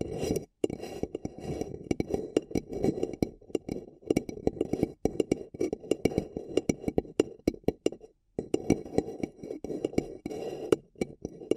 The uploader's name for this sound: Paper Cup Tingles